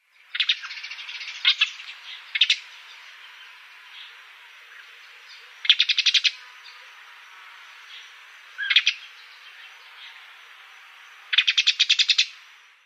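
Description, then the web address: Dead Sea sparrow calls: short bursts of quick, rattling chirps come every one to three seconds, with a faint background hiss between them. "Schulze Peter Dead Sea Sparrow calls"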